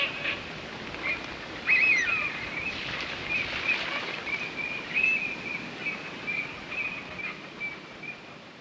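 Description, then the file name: Eurasian teal calling: a run of high whistled notes continuing steadily after a louder burst near two seconds, over constant hiss. "Alzavola"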